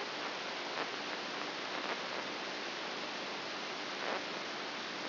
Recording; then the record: brain microelectrode recording played as sound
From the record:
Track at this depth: inside the subthalamic nucleus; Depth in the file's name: 4.04 mm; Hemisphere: right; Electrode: 2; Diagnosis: Parkinson's disease